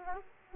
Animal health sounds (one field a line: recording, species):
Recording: mosquito wingbeat signal from an infrared sensor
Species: Aedes aegypti